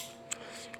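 A plastic comb attachment slides onto the head of a pet grooming tool and seats with a sharp click at 0.3 s. Two fainter ticks follow at 0.7 and 0.8 s over a low steady hum. The comb is seated in place.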